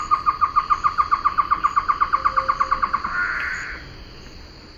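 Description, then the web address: Great antshrike song: a quick run of hollow notes, then a rough snarl. South America, eastern lowlands. "Natures Songs S America Eastern Lowlands Great Antshrike"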